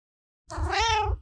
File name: Cat Meow